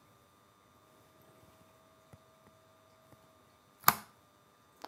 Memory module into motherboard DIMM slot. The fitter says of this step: 94 on that one. Whoa, that was a solid click, too.